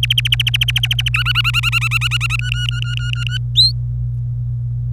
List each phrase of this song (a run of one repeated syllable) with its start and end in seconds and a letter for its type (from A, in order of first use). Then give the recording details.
0.03-1.09 A, 1.14-2.36 B, 2.39-3.37 C, 3.55-3.72 D. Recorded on 25 April 2018 at 14:03. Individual llb3